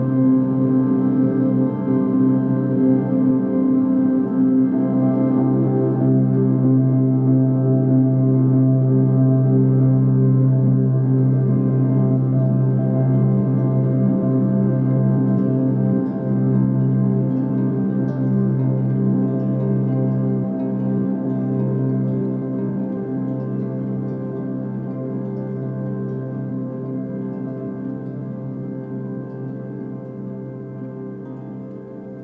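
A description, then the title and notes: Sustained tones and vibrations ring with a singing-bowl quality, built from several steady low pitches stacked together with fainter bright overtones above. The sound holds evenly with a slow wavering pulse, then gradually fades over the last ten seconds. Chakra friendly tones and vibrations.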